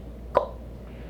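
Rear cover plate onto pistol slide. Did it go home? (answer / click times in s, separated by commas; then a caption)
yes / 0.4 s. A rear cover plate is pushed fully onto the slide of a Sig Sauer P365 pistol while a plastic sleeve is held down. A single short, sharp click sounds at 0.4 s against a low steady background. The plate is seated and locked on.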